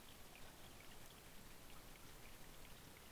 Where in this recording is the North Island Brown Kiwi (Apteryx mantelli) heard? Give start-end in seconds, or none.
none